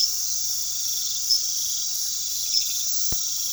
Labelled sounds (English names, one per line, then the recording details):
none
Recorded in pastures near Puerto Asís, Putumayo, Colombia, on 19 February 2024 at 23:30
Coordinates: 0.468, -76.328
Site G6414